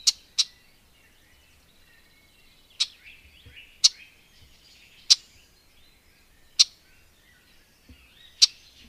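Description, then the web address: Red-backed shrike giving harsh, dry chack calls, seven sharp notes at irregular gaps over nine seconds, with soft scratchy warbling faintly underneath. "agykontroll Madardalok Cd 2. Tövisszúró gébics"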